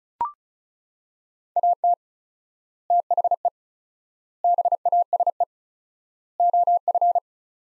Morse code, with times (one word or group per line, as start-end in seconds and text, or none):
1.6-1.9 AT
2.9-3.5 THE
4.4-5.4 BASE
6.4-7.2 OF